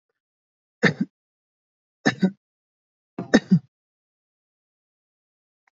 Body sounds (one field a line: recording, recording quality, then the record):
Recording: shallow voluntary cough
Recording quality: excellent, no background noise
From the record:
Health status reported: exposed to COVID-19, no respiratory illness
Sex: male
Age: 27 years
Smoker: yes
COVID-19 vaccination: both doses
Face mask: not worn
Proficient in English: yes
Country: India